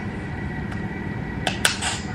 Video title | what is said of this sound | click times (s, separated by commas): Storytime: How my 7months Old baby got diagnosed with Food Allergies and FPIES | outer thigh then firmly until you hear a click and | 1.5 s, 1.7 s